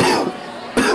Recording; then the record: coughing mixed with background sound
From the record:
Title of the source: Coughing 77